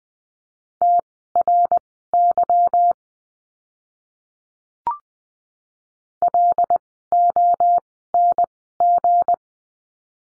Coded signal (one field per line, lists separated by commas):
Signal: Morse code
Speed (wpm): 20 wpm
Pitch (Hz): 700 Hz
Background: none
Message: TRY LONG